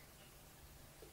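A screw is being turned in a standoff of an old plastic computer keyboard case, with steady low-level noise and faint rustling throughout. Nothing has seated or clicked yet.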